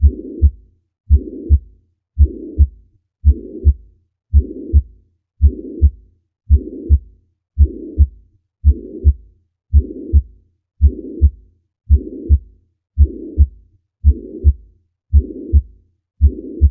Heart Murmurs: Mitral Regurgitation. Mitral regurgitation: a pansystolic murmur which radiates to the axilla.